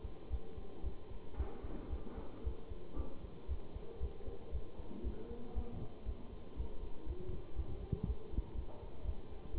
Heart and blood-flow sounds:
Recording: heart sounds by stethoscope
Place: between the tricuspid and mitral areas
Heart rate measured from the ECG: 117 bpm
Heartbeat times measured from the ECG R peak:
0.29 s: heartbeat
0.82 s: heartbeat
1.36 s: heartbeat
1.89 s: heartbeat
2.43 s: heartbeat
2.95 s: heartbeat
3.47 s: heartbeat
3.99 s: heartbeat
4.51 s: heartbeat
5.03 s: heartbeat
5.54 s: heartbeat
6.04 s: heartbeat
6.55 s: heartbeat
7.05 s: heartbeat
7.55 s: heartbeat
8.05 s: heartbeat
8.54 s: heartbeat
9.03 s: heartbeat
9.53 s: heartbeat
From the record:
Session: Bruce protocol treadmill stress test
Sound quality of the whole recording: good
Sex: male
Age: 23 years

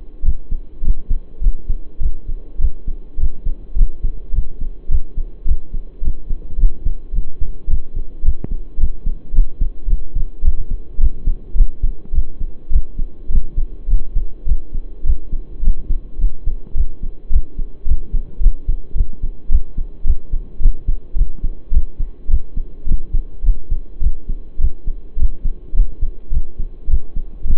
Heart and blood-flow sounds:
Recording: heart sounds by stethoscope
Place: between the tricuspid and mitral areas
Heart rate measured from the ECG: 106 bpm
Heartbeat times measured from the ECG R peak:
0.24 s: heartbeat
0.83 s: heartbeat
1.41 s: heartbeat
2.01 s: heartbeat
2.60 s: heartbeat
3.18 s: heartbeat
3.76 s: heartbeat
4.33 s: heartbeat
4.89 s: heartbeat
5.46 s: heartbeat
6.02 s: heartbeat
6.58 s: heartbeat
7.13 s: heartbeat
7.68 s: heartbeat
8.23 s: heartbeat
8.78 s: heartbeat
9.33 s: heartbeat
9.88 s: heartbeat
10.43 s: heartbeat
10.99 s: heartbeat
11.55 s: heartbeat
12.13 s: heartbeat
12.71 s: heartbeat
13.30 s: heartbeat
13.88 s: heartbeat
14.47 s: heartbeat
15.05 s: heartbeat
15.62 s: heartbeat
16.19 s: heartbeat
16.75 s: heartbeat
17.31 s: heartbeat
17.86 s: heartbeat
18.41 s: heartbeat
18.95 s: heartbeat
19.50 s: heartbeat
20.05 s: heartbeat
20.60 s: heartbeat
21.16 s: heartbeat
21.72 s: heartbeat
22.29 s: heartbeat
22.86 s: heartbeat
23.44 s: heartbeat
24.01 s: heartbeat
24.59 s: heartbeat
25.17 s: heartbeat
25.74 s: heartbeat
26.32 s: heartbeat
26.89 s: heartbeat
27.45 s: heartbeat
From the record:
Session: pedaling a stationary bicycle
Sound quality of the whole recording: saturated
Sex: male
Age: 23 years

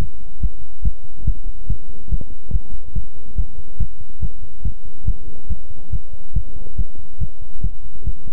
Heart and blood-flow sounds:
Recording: heart sounds by stethoscope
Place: between the tricuspid and mitral areas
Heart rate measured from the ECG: 141 bpm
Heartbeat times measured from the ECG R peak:
0.40 s: heartbeat
0.82 s: heartbeat
1.25 s: heartbeat
1.67 s: heartbeat
2.09 s: heartbeat
2.51 s: heartbeat
2.93 s: heartbeat
3.36 s: heartbeat
3.78 s: heartbeat
4.20 s: heartbeat
4.63 s: heartbeat
5.05 s: heartbeat
5.48 s: heartbeat
5.90 s: heartbeat
6.34 s: heartbeat
6.76 s: heartbeat
7.19 s: heartbeat
7.62 s: heartbeat
8.04 s: heartbeat
From the record:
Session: pedaling a stationary bicycle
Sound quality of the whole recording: good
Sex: male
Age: 24 years

